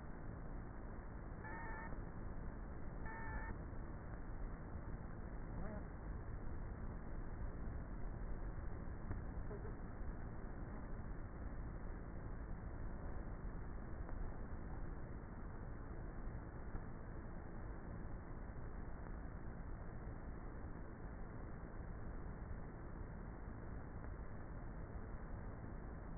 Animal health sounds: honeybee colony, microphone inside the hive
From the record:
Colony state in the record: queenless with a low population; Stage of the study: before two queens were removed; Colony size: about 30,000 bees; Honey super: no

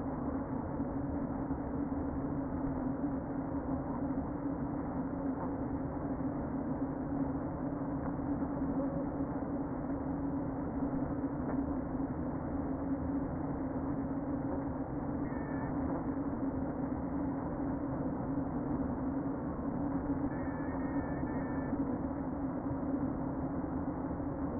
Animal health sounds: honeybee colony, microphone inside the hive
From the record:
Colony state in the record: queen present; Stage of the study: before two queens were removed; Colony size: about 60,000 bees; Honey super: yes

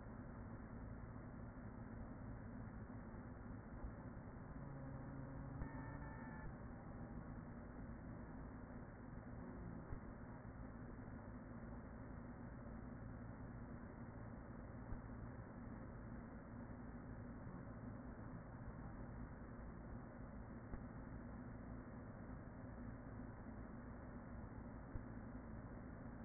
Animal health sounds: honeybee colony, microphone inside the hive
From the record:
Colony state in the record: queen present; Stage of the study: after two queens were removed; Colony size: about 40,000 bees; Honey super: no

